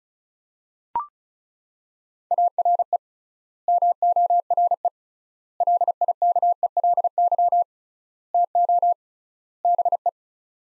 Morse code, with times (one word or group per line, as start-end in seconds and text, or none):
2.3-3.0 ARE
3.7-4.9 MORE
5.6-7.6 LIKELY
8.3-8.9 TO
9.6-10.1 BE